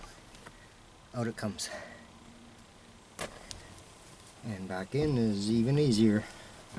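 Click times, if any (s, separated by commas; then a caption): none. A headrest's metal posts are handled above the plastic guide sleeves of a truck seat, ready to be pushed back down. Someone talks throughout, with a couple of brief sharp knocks around 3.2 and 3.5 seconds. The clip ends with nothing seated or clicked yet.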